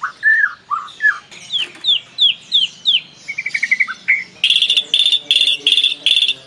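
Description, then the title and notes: White-rumped Shama song: slurred whistles and a quick series of short notes, followed by fast, insect-like buzzy notes repeated rhythmically to the end. Champion songbird. "Murai batu Larwo. kicau burung jawara"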